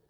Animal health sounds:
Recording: pig call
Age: piglet (1 to 25 days)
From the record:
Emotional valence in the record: positive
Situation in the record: reunion after long isolation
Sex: female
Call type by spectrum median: low-frequency call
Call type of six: low-frequency stable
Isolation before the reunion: 8 minutes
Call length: 0.09 s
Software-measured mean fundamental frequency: 50 Hz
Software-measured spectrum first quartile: 328 Hz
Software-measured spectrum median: 839 Hz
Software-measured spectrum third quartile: 8591 Hz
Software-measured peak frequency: 446 Hz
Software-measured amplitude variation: 98 dB a second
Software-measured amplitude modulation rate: 16.1 a second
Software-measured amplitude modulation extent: 6.1 dB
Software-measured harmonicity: 4.9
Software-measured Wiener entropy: -3.50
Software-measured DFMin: 921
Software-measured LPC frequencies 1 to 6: 471, 1643, 3268, 4410, 5427, 6640 Hz

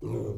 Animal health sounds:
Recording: pig call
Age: weaner (32 to 43 days)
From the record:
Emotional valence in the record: negative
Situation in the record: short isolation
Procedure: open field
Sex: female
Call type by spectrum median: low-frequency call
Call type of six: low-frequency stable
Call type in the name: low-frequency stable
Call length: 0.38 s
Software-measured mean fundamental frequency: 56 Hz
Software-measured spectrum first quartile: 119 Hz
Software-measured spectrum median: 262 Hz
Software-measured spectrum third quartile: 406 Hz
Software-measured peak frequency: 359 Hz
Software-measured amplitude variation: 132 dB a second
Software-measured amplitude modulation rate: 23.5 a second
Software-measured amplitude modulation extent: 5.6 dB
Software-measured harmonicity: -0.7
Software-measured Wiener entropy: -0.23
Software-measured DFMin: 940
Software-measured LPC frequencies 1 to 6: 386, 2301, 3826, 4566, 5656, 7020 Hz

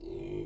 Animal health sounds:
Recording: pig call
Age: weaner (32 to 43 days)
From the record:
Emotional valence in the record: negative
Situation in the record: novel object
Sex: female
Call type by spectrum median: low-frequency call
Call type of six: low-frequency stable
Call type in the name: low-frequency stable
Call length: 0.46 s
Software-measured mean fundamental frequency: 49 Hz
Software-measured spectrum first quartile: 195 Hz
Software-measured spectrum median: 332 Hz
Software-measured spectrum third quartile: 426 Hz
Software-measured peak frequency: 351 Hz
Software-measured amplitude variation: 169 dB a second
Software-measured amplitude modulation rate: 35.8 a second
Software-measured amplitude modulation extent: 4.7 dB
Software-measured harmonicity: 5.5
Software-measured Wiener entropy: 0.00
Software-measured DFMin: 1078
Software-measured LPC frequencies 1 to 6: 361, 2304, 3114, 3997, 4500, 5381 Hz

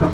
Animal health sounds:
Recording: pig call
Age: growing-finishing pig (85 days or more)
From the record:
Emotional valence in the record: positive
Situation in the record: run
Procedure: transit

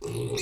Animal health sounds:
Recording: pig call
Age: weaner (32 to 43 days)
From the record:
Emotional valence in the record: negative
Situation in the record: short isolation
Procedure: open field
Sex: female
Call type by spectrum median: low-frequency call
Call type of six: mixed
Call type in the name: high-frequency modulated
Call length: 0.42 s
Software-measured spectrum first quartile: 292 Hz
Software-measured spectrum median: 870 Hz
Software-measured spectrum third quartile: 4699 Hz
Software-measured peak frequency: 404 Hz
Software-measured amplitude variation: 125 dB a second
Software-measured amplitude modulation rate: 28.5 a second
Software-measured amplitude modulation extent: 4.4 dB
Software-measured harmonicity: 3.1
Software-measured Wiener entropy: -3.77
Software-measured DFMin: 719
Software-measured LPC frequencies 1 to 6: 400, 2529, 3723, 4236, 5667, 6272 Hz

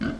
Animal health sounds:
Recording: pig call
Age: growing-finishing pig (85 days or more)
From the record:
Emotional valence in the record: positive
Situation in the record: enriched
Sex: male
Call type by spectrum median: low-frequency call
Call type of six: low-frequency modulated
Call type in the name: low-frequency stable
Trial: 3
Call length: 0.20 s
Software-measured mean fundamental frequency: 50 Hz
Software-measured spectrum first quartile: 222 Hz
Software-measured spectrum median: 362 Hz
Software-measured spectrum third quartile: 1312 Hz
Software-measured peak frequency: 232 Hz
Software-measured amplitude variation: 143 dB a second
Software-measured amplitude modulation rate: 17.4 a second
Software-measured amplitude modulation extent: 8.2 dB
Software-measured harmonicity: 3.8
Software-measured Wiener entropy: -1.92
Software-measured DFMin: 918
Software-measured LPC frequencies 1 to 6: 1475, 3041, 4162, 4650, 5367, 6406 Hz

